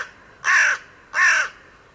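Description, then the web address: Bird calls: a pair of hoarse, scratchy caws roughly three-quarters of a second apart, with a quiet background. Calls rendered as "Co Co Co Co". "cianscape birddata Deverinetal 2025 Bird Only Co Co Co Co"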